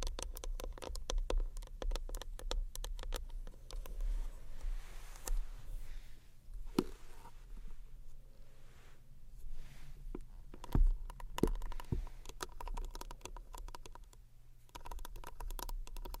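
Tiny bottles rub and tap against a textured bag in a dense, irregular run of small clicks and crinkly scratches, much like fast typing. Sharper knocks stand out near 7, 11 and 11.5 seconds. A low steady hum runs underneath throughout.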